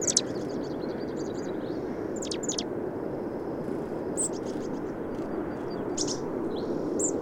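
Bird song of high, thin chirps and short twittering bursts scattered throughout, over a steady low rushing noise.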